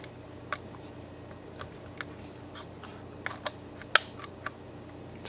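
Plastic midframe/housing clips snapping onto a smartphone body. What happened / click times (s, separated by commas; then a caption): A row of plastic clips snapped into place / 0.5 s, 2.0 s, 3.3 s, 3.5 s, 4.0 s, 4.5 s. With the bottom end holding the charging port placed first, the plastic midframe of a Galaxy S5 is pressed down around its edges onto the phone body. Its retaining clips snap into the housing in sharp clicks at 0.5, 2.0, 3.3, 3.5, 4.0 (the loudest) and 4.5 seconds over a faint steady background. The frame ends up seated and locked in.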